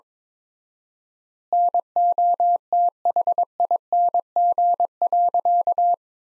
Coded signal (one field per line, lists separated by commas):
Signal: Morse code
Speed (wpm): 22 wpm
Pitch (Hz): 700 Hz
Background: none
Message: NOTHING.